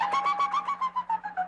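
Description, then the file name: Brown creeper: a rapid run of about a dozen short clear notes, gently sliding lower in pitch across under two seconds, over a faint steady hum. "pipipi"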